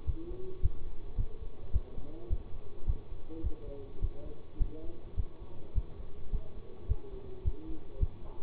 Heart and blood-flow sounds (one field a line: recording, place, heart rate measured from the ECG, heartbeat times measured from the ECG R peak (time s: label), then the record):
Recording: heart sounds by stethoscope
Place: between the tricuspid and mitral areas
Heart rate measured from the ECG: 106 bpm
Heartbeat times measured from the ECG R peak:
0.06 s: heartbeat
0.62 s: heartbeat
1.17 s: heartbeat
1.73 s: heartbeat
2.29 s: heartbeat
2.86 s: heartbeat
3.43 s: heartbeat
4.01 s: heartbeat
4.59 s: heartbeat
5.17 s: heartbeat
5.75 s: heartbeat
6.32 s: heartbeat
6.88 s: heartbeat
7.44 s: heartbeat
8.00 s: heartbeat
From the record:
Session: bicycle stress test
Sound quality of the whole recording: good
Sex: male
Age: 24 years